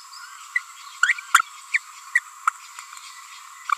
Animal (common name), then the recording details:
Green-rumped Parrotlet. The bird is a female. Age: 29 days. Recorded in a nest box in Venezuela. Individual 17B42A4